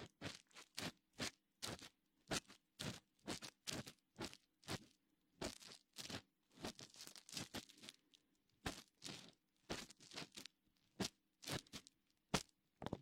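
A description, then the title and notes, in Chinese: A wooden ear pick, cotton swab and fingertips rub in quick, crackly scraping strokes, about two per second, over a faint steady low hum. 鹿姐姐清理你的耳朵(双耳同时)。木质耳勺、棉签、指尖摩擦。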